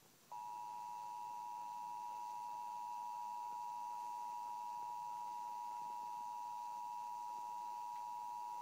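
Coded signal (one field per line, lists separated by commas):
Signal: Emergency Alert System (SAME) tones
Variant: 853 and 960 Hz attention tone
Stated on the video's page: National EAS test heard on KNX 1070.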